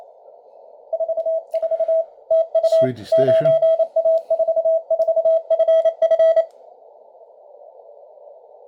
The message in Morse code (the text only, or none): 44 TU 9A44FF